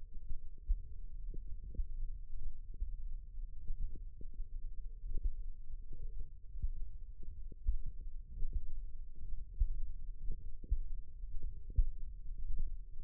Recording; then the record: forearm muscle sounds (acoustic myography)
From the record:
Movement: finger pinch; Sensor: system 1, eight BSWA MPA416 microphones around the upper forearm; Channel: 6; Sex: female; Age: 21 years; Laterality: right